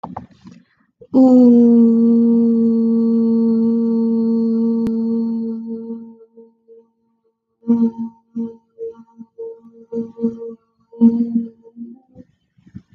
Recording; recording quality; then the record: sustained vowel as in boot; excellent, no background noise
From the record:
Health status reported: COVID-19 positive, mild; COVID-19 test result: positive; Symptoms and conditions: fatigue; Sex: female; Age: 24 years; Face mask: not worn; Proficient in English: yes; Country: India